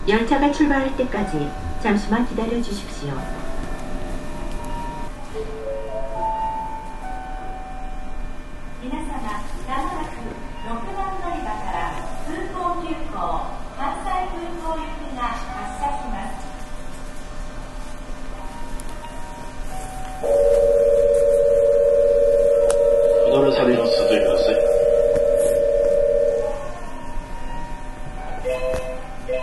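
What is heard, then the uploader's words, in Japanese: A Nankai 8300 series train runs on an airport express service while a woman's voice speaks over a steady low rumble for the first twenty seconds. A loud, even mid-pitched tone then holds from about 20 to 26 seconds, with a brief clatter near 24. 南海電気鉄道 8300系電車の走行音です。南海戦の空港急行にて収録しました。区間は、難波からりんくうタウンまでです。南海8300系 空港急行 難波からりんくうタウンまで。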